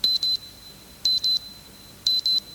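An alarm clock beeps in quick high-pitched double pulses, three pairs repeating about once a second, loud and electronic, with nothing else in the background; it is in a radio advertisement for a Marca alarm clock that switches off when hit.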